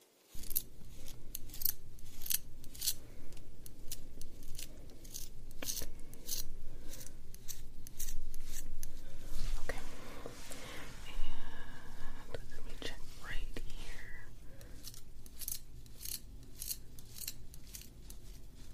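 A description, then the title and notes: Hair brushing and combing, with quick crisp bristly strokes repeating at a steady pace throughout. Around the middle the strokes soften into a smoother rubbing passage with a brief squeaky sliding sound near eleven seconds. A low steady hum sits underneath. Hair & Scalp Analysis, Hair Brushing, Scalp Massage, Oil Treatment.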